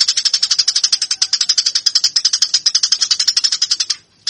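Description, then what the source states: Eurasian tree sparrow giving a fast, unbroken run of sharp, high chirps for about four seconds before a brief stop. Fighting (tarung) song style; used as master training material.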